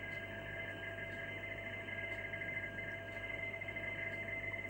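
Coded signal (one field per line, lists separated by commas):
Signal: RTTY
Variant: 50 baud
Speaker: I think this particular one transmits on three frequencies.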